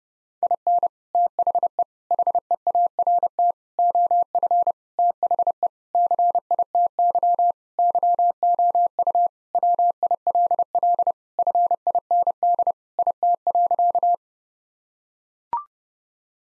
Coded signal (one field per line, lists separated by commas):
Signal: Morse code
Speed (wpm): 32 wpm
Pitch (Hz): 700 Hz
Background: none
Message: IN THE HEART OF THE CITY YOU WILL FIND IT.